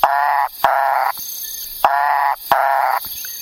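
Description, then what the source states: Macaya burrowing frog calling: four nasal, croaking notes about half a second each, given in two quick pairs, over a faint steady high hiss. Found in Haiti in an area where it had never been found before; voice described as very froggy.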